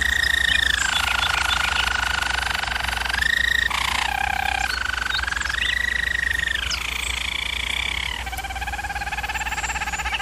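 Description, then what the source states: German Roller canary song moving through several rolling tours, stepping between higher and lower pitches with brief breaks; faint background chirps. German Roller canary singing, for canary training.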